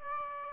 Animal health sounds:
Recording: mosquito wingbeat signal from an infrared sensor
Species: Aedes aegypti

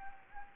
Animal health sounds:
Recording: mosquito wingbeat signal from an infrared sensor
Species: Anopheles gambiae

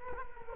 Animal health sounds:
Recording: mosquito wingbeat signal from an infrared sensor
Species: Culex quinquefasciatus

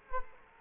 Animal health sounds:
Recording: mosquito wingbeat signal from an infrared sensor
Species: Culex quinquefasciatus

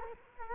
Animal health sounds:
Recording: mosquito wingbeat signal from an infrared sensor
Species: Culex quinquefasciatus

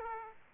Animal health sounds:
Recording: mosquito wingbeat signal from an infrared sensor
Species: Aedes aegypti

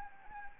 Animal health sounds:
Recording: mosquito wingbeat signal from an infrared sensor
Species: Anopheles arabiensis

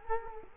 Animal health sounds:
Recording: mosquito wingbeat signal from an infrared sensor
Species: Culex quinquefasciatus

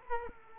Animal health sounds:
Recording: mosquito wingbeat signal from an infrared sensor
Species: Culex quinquefasciatus

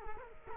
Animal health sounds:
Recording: mosquito wingbeat signal from an infrared sensor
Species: Culex quinquefasciatus

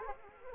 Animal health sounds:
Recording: mosquito wingbeat signal from an infrared sensor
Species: Anopheles arabiensis

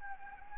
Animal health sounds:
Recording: mosquito wingbeat signal from an infrared sensor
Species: Anopheles gambiae

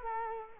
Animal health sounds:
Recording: mosquito wingbeat signal from an infrared sensor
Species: Culex quinquefasciatus

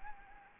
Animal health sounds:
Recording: mosquito wingbeat signal from an infrared sensor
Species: Anopheles gambiae

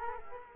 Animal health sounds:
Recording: mosquito wingbeat signal from an infrared sensor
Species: Culex quinquefasciatus

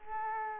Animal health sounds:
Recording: mosquito wingbeat signal from an infrared sensor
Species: Culex quinquefasciatus

